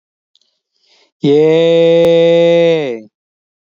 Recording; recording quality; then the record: sustained vowel as in made; excellent, no background noise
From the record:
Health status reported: healthy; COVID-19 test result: negative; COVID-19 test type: RT-PCR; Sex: male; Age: 26 years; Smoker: no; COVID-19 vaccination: both doses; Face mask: worn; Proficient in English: no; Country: India